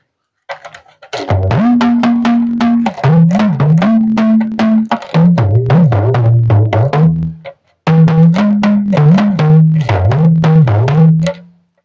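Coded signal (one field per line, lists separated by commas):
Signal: talking drum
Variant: Yoruba dùndún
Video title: Owe Yoruba Tutorial with Official Talking Drum Teacher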